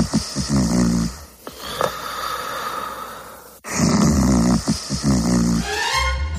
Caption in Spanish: Este señor está roncando, claramente. El roncar es un fenómeno que se da tanto en hombres como en mujeres. Se caracteriza por poseer varios niveles acústicos, desde aquellos que no pasan de ser una respiración fuerte a otros que serían capaces de mover objetos dentro de la habitación. El ronquido emerge, surge, resurge cuando nos quedamos dormidos.